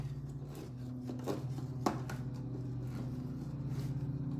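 A hand can opener clamped onto a metal can lid has its knob turned until the mechanism gives a sharp click at 1.9 s, showing the cut is complete. A second, softer tick follows at 2.1 s over steady low background noise and a droning tone. No one talks during the clip.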